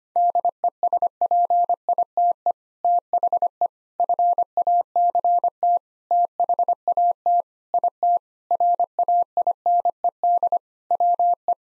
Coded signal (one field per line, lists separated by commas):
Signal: Morse code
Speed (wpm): 25 wpm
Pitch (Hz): 700 Hz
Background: none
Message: DESPITE THE FACT THAT IT RAINED WE